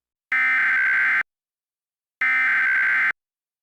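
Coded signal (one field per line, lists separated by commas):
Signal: Emergency Alert System (SAME) tones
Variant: header bursts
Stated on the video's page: Reenactment of a flood scenario with valid tones, made with EAS simulator software and text-to-speech.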